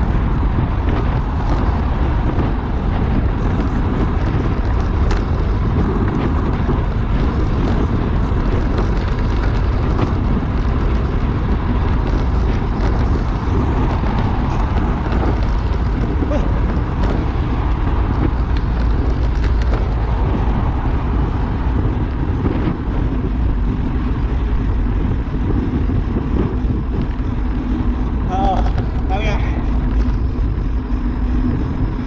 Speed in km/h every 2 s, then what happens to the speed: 42, 42, 41, 42, 43, 43, 44, 45, 46, 47, 47, 48, 48, 48, 48, 45.
0-32 steady at about 45.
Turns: none.